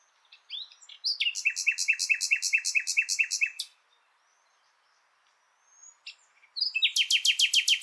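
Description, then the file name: Common nightingale song: a long rapid trill of repeated notes for about three seconds, a quiet gap, then another fast repeated series. "Luscinia megarhynchos"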